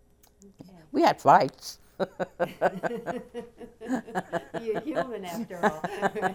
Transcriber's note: they laugh